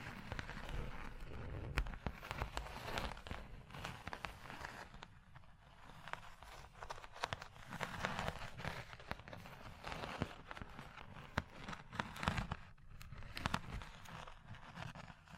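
Tapping, scratching and tracing on a surface, made up of dense, uneven rustling strokes with frequent sharp taps and clicks. Louder bursts stand out near 2, 8, 12 and 13 seconds, while a low rumble runs underneath throughout.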